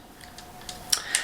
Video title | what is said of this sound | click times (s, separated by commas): Travel Tripod Review | you got to push in on that button to lock them into place | 0.9 s